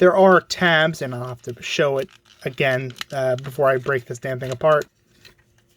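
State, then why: Seated. Someone talks while the plastic back and front assemblies of a Transformers Legacy Crankcase toy car figure are pushed together during transformation, rotating the blue waist piece so tabs on its top go into the underside of the hood. After the talking stops, two sharp clicks sound at 5.3 s and 5.6 s as the tabs click into place and the piece is seated.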